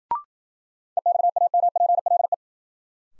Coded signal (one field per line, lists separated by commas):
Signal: Morse code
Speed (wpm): 52 wpm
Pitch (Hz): 700 Hz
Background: none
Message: EXAMPLE